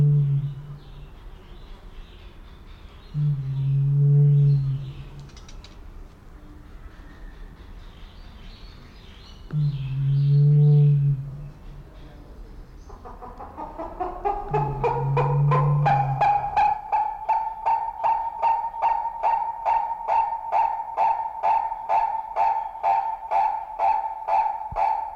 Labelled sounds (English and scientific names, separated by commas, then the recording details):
Purple-crested Turaco (Tauraco porphyreolophus) call
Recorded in captivity
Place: Zoo Berlin, Berlin, DE
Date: 1992-07-25 11:06
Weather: sonnig (heiter - schwül), 23-26 °C
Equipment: Marantz CP 430, Sennheiser ME 80, Kopie Tesla B 116
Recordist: Tembrock, Günter